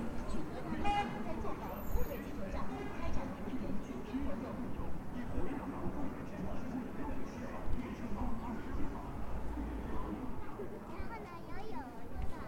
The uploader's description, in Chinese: 沈阳，中街